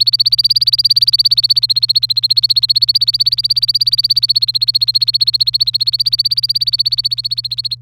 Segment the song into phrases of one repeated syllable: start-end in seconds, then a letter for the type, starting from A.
0.00-7.75 A